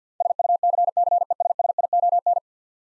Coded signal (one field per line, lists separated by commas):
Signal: Morse code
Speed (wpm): 50 wpm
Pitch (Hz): 700 Hz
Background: none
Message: SUCCESSION